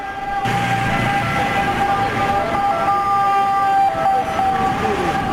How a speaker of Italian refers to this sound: Questo è il sonoro della stazione Termini in questi giorni. L'immagine, una trincea di macchine immobili e di transenne per i cantieri, che circondano la stazione da tre lati, via Giolitti, via De Nicola e via Marsala.